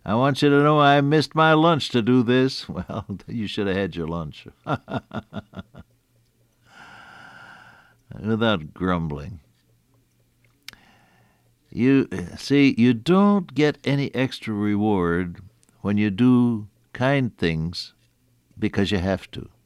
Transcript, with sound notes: “I want you to know I missed my lunch to do this.” Well, then you should have had your lunch. [laughter] Without grumbling. You see, you don’t get any extra reward when you do kind things because you have to.